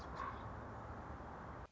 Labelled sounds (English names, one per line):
Common Raven